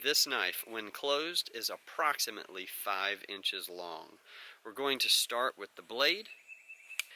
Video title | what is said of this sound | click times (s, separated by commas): Victorinox RangerGrip 79 REVIEW | It does lock into place. | 7.0 s